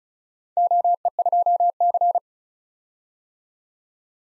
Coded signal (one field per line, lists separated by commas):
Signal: Morse code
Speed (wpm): 36 wpm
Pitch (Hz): 700 Hz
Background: none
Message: OE2C